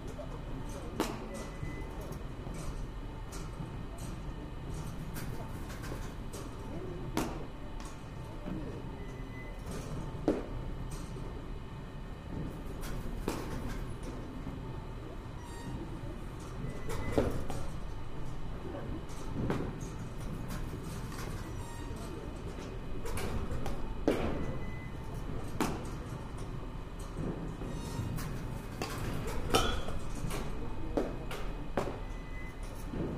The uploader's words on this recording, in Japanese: バッティングセンターの音です。Sound of batting cage。